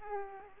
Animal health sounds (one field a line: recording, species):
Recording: mosquito wingbeat signal from an infrared sensor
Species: Aedes aegypti